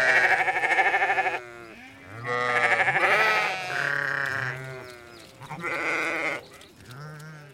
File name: Sheep